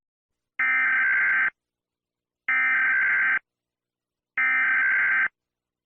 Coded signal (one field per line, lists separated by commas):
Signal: Emergency Alert System (SAME) tones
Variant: header bursts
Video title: USA EAS Alarm